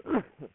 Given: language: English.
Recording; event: throat vibration sensor signal played as sound; cough